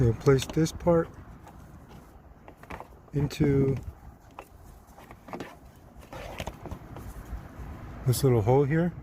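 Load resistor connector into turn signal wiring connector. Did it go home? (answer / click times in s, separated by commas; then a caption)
no / none. A load resistor's plastic connector is handled and lined up with the little hole in the turn signal wiring connector, ready to be pushed home to stop LED hyper flash. Someone talks, and between the words there are small plastic tapping and handling sounds around 2.5–2.8 s, 4.4 s, 5.3–5.4 s and 6.4–6.7 s. Nothing has clicked or seated yet.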